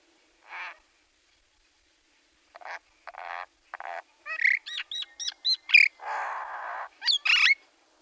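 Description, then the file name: Common myna calling, a varied run of harsh grating notes, clicks and short whistled upswept notes, mixed with buzzy squawks, growing busier toward the end. "mayna golos"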